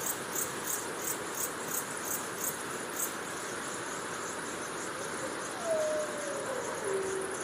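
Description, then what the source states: Wolf howl, one brief tone sliding down near the end, with pulsing cricket chirps. Distant pack of wolves howling at night on the prairie under moonlight.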